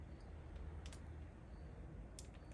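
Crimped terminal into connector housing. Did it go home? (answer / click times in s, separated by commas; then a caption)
yes / 2.2 s. A crimped metal terminal is pushed into a plastic connector housing on the wiring harness of a Honda SL70 minibike until its locking tab catches. Over a low, steady background hum, faint ticks come at about 0.9 s, then a sharp click at 2.2 s as the terminal seats.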